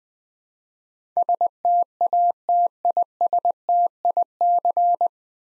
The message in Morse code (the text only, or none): STATISTIC